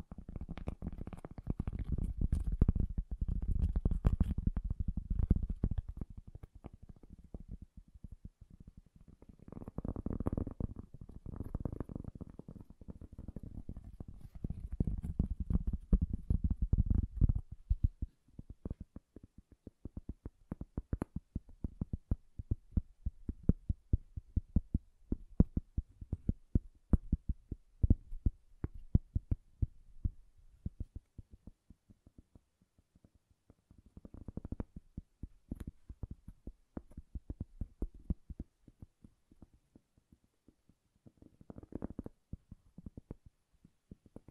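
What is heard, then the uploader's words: Soft, bassy tapping that is dull and muffled, with dense clustered thumps in the first eighteen seconds. After that the taps thin into quicker, sparser clicks and pats, with brief bursts around 35 and 41 seconds. The sound stays low and dark throughout. ASMR Bassy and Soft Tapping Sounds.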